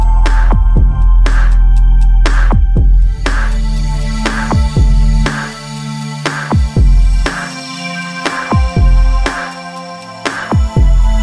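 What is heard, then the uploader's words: Synthesizer sounds: a steady, deep droning bass underpins a repeating pattern of sharp, bright plucked hits with quick downward pitch drops, landing about once per second. Sustained mid tones hum beneath the strikes, and the level stays fairly constant throughout. A piece to show some of the sounds that can be created from a selection of Synthesizers.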